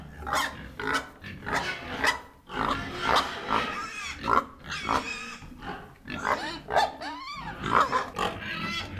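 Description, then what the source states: Several pigs grunt and squeal together, sharp squeals breaking out repeatedly above a constant low rumble of snorts. Recorded in a piggery.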